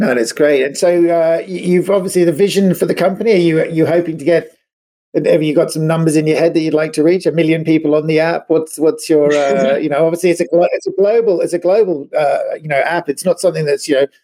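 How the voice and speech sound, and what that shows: An adult man asks questions in a relaxed conversational voice, with clear, steady voicing and a brief half-second pause. Occasional 'uh' fillers and repeated words such as 'it's a, it's a' are ordinary conversational hesitations, consistent with typical speech.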